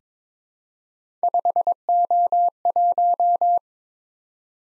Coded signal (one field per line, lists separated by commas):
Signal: Morse code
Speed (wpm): 22 wpm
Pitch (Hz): 700 Hz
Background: none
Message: 5O1